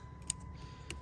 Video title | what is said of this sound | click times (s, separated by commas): Dodge Nitro Window Regulator Replacement Dodge Nitro rear windows not working ￼ | slide in there until you heal them hear them click and then they're in | 0.3 s, 0.9 s